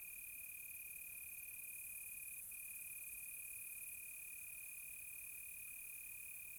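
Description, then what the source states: Crickets trilling in a steady high whine with a single brief pause, and a fainter hiss above it. Crickets on a quiet tropical night, recorded close.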